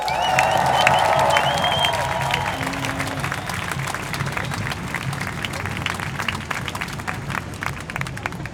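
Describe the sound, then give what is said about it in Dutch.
Loud, sustained applause from a large crowd welcoming the next speaker, Mo Kotesh, spokesperson of the Palestinian community in the Netherlands; a dense wash of clapping with scattered cheers and whistles rising at the start, continuing steadily throughout. “Een daverend applaus voor Mo Kotesh.”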